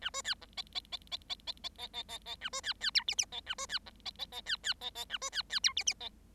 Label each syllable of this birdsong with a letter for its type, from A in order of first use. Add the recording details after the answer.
A B C D E E E E E E E E E E E A B C C F G G E A B C D E E E C C E E A B C C F G G E. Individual Bird7